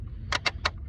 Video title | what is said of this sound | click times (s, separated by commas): Oil Change on Genesis Coupe 2.0T | make sure it clicks | 0.3 s, 0.7 s